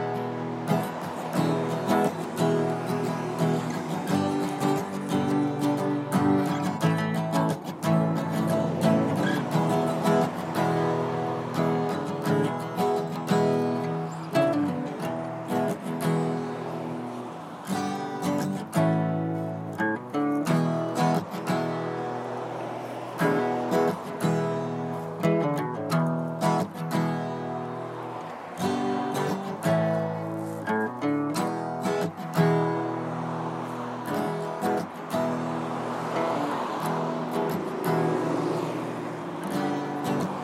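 A street recording on Euclid Street in Tucson, filled throughout with steady, layered musical tones and quick, regular struck notes at an even level. The sound is dense and mid-pitched, lacking deep rumble, with faint vehicle noise possibly underneath.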